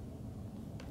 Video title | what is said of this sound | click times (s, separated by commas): Double the Runtime of Dyson Cordless Vacuum Cleaner using a 2X Capacity Battery to Increase Power | you hear a click there we go or feel a click and | 0.8 s